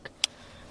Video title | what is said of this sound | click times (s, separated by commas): ⭐ 2003 Nissan Altima - 2.5 - Spark Plugs | in here, and you should hear a click, | 0.2 s